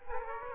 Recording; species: mosquito wingbeat signal from an infrared sensor; Aedes aegypti